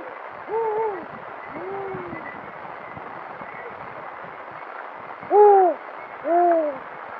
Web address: vozes de passaros coruja africana bubo africanus